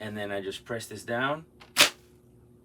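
Someone talks, then presses the top frame of a Mighty Hoop magnetic embroidery hoop down onto its hoop base over a shirt in the hooping station. The frame snaps shut with a single sharp snap at 1.6 s and locks in place automatically, leaving the shirt hooped.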